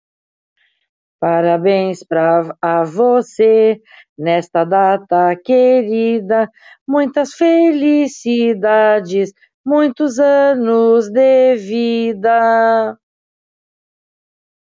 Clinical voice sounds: short text; Brazilian Portuguese; female; 50 to 59 years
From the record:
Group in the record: control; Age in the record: 59 years

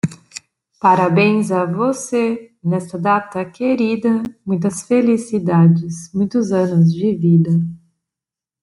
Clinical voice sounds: short text; Brazilian Portuguese; female; 30 to 39 years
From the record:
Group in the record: control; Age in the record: 33 years

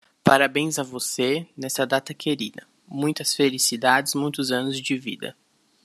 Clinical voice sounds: short text; Brazilian Portuguese; male; 20 to 29 years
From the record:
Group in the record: control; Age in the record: 21 years

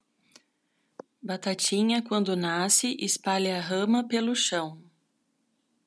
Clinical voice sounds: short text; Brazilian Portuguese; female; 40 to 49 years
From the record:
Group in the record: control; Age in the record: 41 years

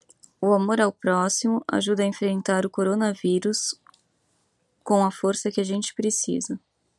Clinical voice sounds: spoken sentence; Brazilian Portuguese; female; 20 to 29 years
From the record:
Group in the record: control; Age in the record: 29 years

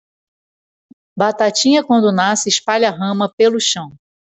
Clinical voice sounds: short text; Brazilian Portuguese; female; 30 to 39 years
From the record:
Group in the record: control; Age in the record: 38 years

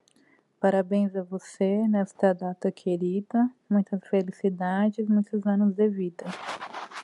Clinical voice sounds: short text; Brazilian Portuguese; female; 30 to 39 years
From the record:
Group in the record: control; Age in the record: 37 years

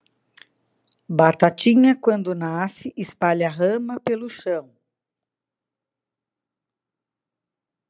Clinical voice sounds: short text; Brazilian Portuguese; female; 50 to 59 years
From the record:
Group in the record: control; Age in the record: 59 years

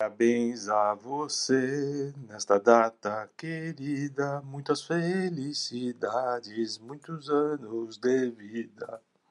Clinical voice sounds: short text; Brazilian Portuguese; male; 60 to 69 years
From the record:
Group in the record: control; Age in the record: 62 years

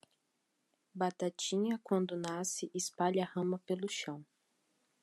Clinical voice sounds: short text; Brazilian Portuguese; female; 20 to 29 years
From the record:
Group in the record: control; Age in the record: 20 years

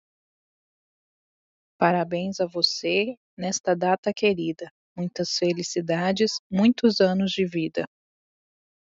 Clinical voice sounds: short text; Brazilian Portuguese; female; 20 to 29 years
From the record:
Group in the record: control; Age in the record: 28 years

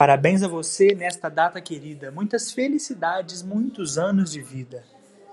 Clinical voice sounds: short text; Brazilian Portuguese; male; 20 to 29 years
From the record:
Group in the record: control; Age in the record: 21 years

